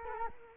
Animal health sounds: mosquito wingbeat signal from an infrared sensor; Culex quinquefasciatus

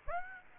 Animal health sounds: mosquito wingbeat signal from an infrared sensor; Aedes aegypti

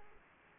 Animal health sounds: mosquito wingbeat signal from an infrared sensor; Aedes aegypti

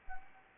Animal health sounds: mosquito wingbeat signal from an infrared sensor; Anopheles gambiae

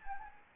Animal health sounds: mosquito wingbeat signal from an infrared sensor; Anopheles gambiae

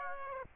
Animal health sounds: mosquito wingbeat signal from an infrared sensor; Aedes aegypti

